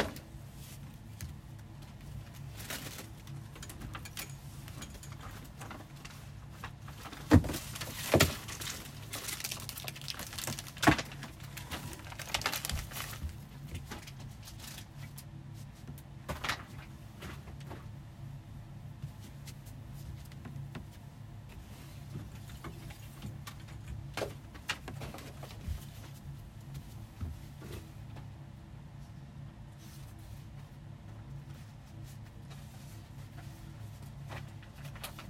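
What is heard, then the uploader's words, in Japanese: Cleaning and tidying up, with rubbish being gathered into one spot. A steady low hum runs underneath the whole time, while scattered knocks, rustles and clatters come and go, busiest between about 7 and 13 seconds, with sharper bumps near 16 and 25 seconds. 掃除と片付け。ゴミを一箇所に集める。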